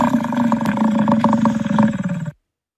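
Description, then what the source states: Bison bellow, a deep rough drawn-out roar with pulsing grunting texture lasting over two seconds before cutting off abruptly. Bellow, played back.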